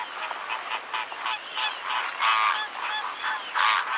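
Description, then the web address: Greater flamingo flock giving nasal, goose-like honks that overlap in an uneven chorus, with louder bursts near the middle and end. "xeno-canto flamant rose"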